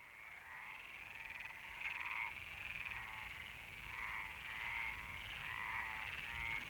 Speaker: A choir of Iberian water frogs are singing up from beneath me in appreciation.